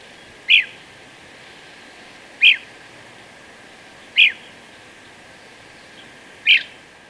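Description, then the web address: White-crested Elaenia repeating a single sharp, high note about every two seconds, four calls in all against a steady faint hiss. Recorded in Ecuador. "Birds of Ecuador 2. White-Crested Elaenia"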